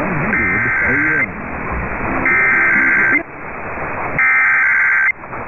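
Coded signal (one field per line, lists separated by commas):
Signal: Emergency Alert System (SAME) tones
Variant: header bursts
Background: speech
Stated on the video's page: Required Weekly Test received on AM broadcast station KBLA 1580.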